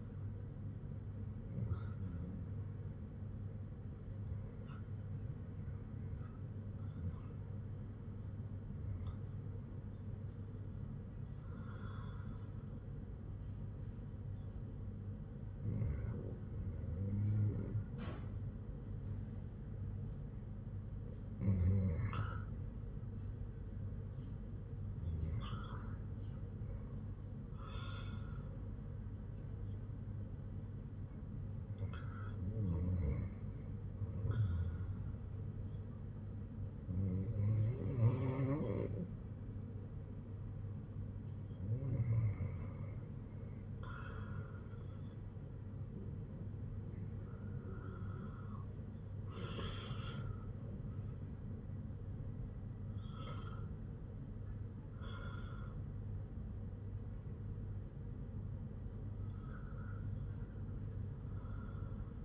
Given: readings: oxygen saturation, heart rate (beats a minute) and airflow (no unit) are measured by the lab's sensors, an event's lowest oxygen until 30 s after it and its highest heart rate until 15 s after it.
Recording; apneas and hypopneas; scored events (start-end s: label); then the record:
breathing in sleep by a smartphone at the bedside; none
none scored
From the record:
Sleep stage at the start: REM sleep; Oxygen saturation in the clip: 96 to 97%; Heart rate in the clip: 52 to 63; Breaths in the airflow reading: 12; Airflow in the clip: -9.2 to 7.6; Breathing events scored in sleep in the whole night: 182 in 7.4 hours asleep